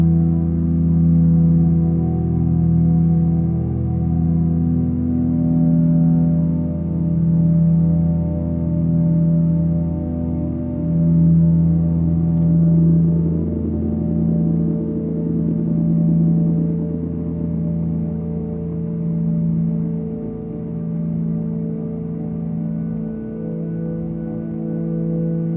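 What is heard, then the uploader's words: Sustained low tones and vibrations hum continuously, layered like a gong or singing bowl drone with a slow, wavering pulse. Around the middle a brighter, rougher shimmer swells in, then the deep hum settles back to a steady, even level. Chakra friendly tones and vibrations.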